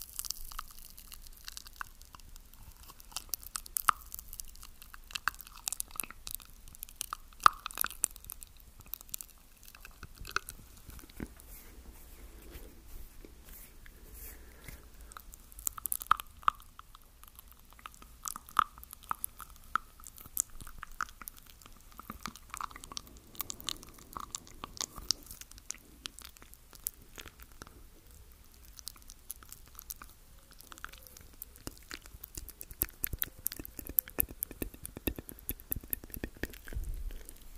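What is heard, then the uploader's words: Close-up mouth sounds fill the recording: wet clicks, smacks and crunchy chewing bursts arrive in quick, irregular clusters throughout. The snaps are sharp and bright, very near, with faint soft tones drifting underneath. ASMR Super Close Up MOUTH Sounds.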